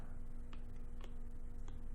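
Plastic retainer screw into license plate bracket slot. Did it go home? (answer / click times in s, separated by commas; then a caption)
no / none. Plastic retaining screws are being slid into the top slots of a plastic front license plate bracket for a Corvette C7 Aero (OEM part 22830069). Three faint, short ticks of handling come at about 0.5, 1.0 and 1.7 seconds over a steady low hum. Nothing has seated or clicked into place yet.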